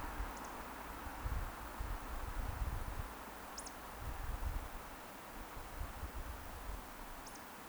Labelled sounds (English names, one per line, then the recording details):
Eurasian Woodcock whistle
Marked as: whistle, whistle, whistle
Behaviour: display flight
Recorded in Baden-Württemberg, Germany, on 30 May 2021 at 19:59 UTC
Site 43323, 910 m above sea level